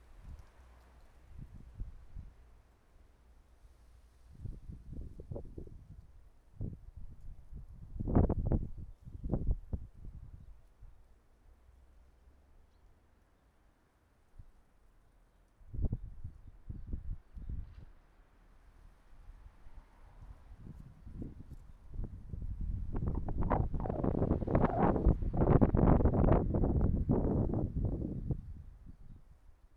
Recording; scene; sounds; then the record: everyday scene through a hearing-aid microphone; wind on the microphone; wind, traffic, birds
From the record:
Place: suburban garden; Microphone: behind the ear, right, rear